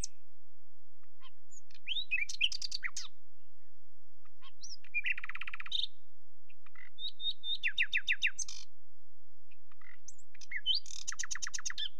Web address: BBC Sound Effects Library. Birds. Nightingale